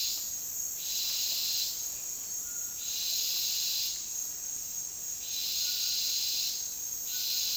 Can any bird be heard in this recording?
no